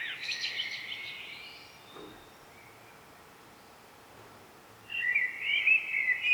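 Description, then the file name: Common blackbird ends a warbled phrase, then after a long pause another phrase begins. "Turdus merula"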